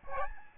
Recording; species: mosquito wingbeat signal from an infrared sensor; Aedes albopictus